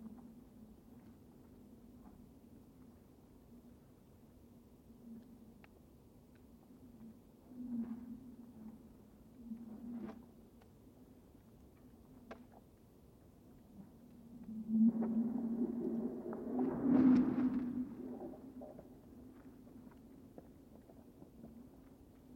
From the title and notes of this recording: Ambient Echo Sloshing and Scraping. I recently spent a few very (very) cold nights camped next to a few frozen lakes listening to (and recording) their heaving and sighing and cracking and sloshing. This track is from a pair of omni mics set a little up the bank from the ice's edge.